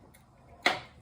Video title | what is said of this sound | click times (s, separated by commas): saving Diane Ep.3 using a big breaker bar we remove the blade and change her oil comments please! | okay you hear that okay so now that's seated | 0.7 s